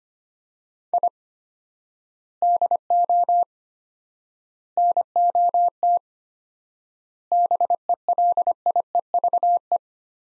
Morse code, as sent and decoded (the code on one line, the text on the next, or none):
.. / -.. --- / -. --- - / -... . .-.. .. . ...- .
I DO NOT BELIEVE